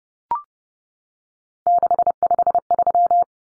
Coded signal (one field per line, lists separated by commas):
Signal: Morse code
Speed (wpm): 30 wpm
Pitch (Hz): 700 Hz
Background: none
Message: 653